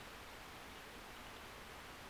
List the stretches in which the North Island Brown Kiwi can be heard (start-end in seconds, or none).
none